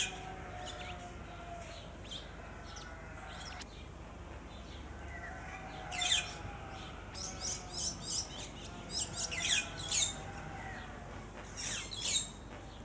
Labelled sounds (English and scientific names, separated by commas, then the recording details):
White-headed Buffalo-Weaver (Dinemellia dinemelli) call
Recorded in captivity
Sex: group
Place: Zoo Berlin, Berlin, DE
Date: 2004-05-24 14:58
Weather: overcast, 13°C
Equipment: Sony WM-D6C, Sennheiser ME 80, Kopie Uher 4000 Report Monitor
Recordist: Tembrock, Günter
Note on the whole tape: Laute in Gruppe